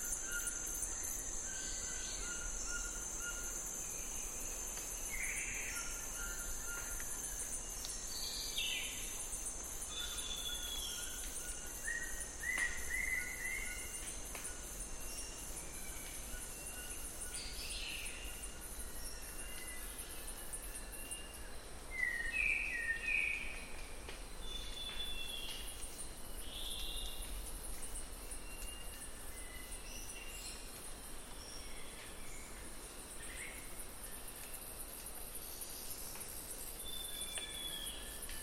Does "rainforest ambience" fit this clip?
yes